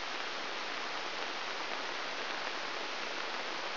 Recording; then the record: brain microelectrode recording played as sound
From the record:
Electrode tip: inside the subthalamic nucleus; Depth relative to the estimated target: -2.4 mm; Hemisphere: left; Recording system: AlphaMap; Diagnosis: Parkinson's disease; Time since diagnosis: 21 years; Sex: female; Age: 61 years